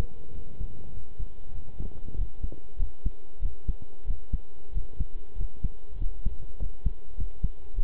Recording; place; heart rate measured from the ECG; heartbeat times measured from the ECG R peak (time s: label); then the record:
heart sounds by stethoscope; between the tricuspid and mitral areas; 97 bpm
0.32 s: heartbeat
0.92 s: heartbeat
1.52 s: heartbeat
2.16 s: heartbeat
2.77 s: heartbeat
3.40 s: heartbeat
4.05 s: heartbeat
4.72 s: heartbeat
5.36 s: heartbeat
5.98 s: heartbeat
6.57 s: heartbeat
7.16 s: heartbeat
7.74 s: heartbeat
From the record:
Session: pedaling a stationary bicycle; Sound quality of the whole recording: good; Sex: male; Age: 23 years